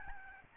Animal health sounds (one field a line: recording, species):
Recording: mosquito wingbeat signal from an infrared sensor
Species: Aedes albopictus